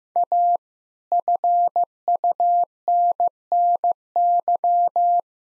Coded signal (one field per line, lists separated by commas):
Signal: Morse code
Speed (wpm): 16 wpm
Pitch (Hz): 700 Hz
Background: none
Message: A FUNNY